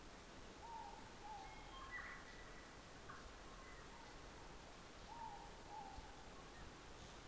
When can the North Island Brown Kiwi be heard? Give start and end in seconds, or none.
none